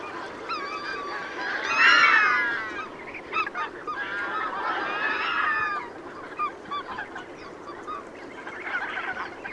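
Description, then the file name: Goose flock calling, loud drawn-out honks building to a peak, then a second burst and scattered quieter calls. Recorded 5 September 2016. "Ansery Valdak 050916"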